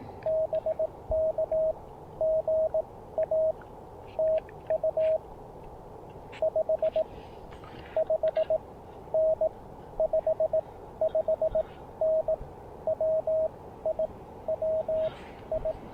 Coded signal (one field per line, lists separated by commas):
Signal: Morse code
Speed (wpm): 21 wpm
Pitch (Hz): 590 Hz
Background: radio noise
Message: BK GA TU 55N 55N WI WI